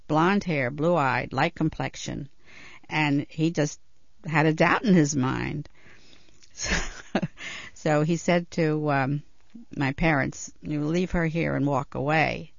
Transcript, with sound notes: blonde hair, blue-eyed, light complexion. And he just had a doubt in his mind. (She laughs) So he said to my parents, "You will leave her here and walk away."